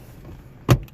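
An overhead console (dome lamp switch assembly) on a 2016 Mazda CX-9 is pushed up into the roof headliner until its clips click into place, giving a sharp click at 0.7 s over a quiet background. Two faint ticks follow shortly after, and the console ends up seated in the roof.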